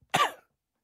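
One brief, sharp cough from an adult, a deliberate cough.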